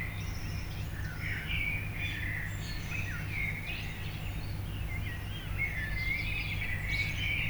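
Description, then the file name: Common blackbird, soft warbled phrases and short chirps coming in loose bursts, over a low steady hum. "Turdus merula"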